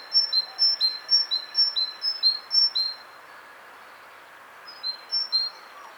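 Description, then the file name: Great tit two-note seesaw phrase repeated for three seconds, then a pause, then a few softer phrases resuming near the end, over a steady hiss. "Parus major"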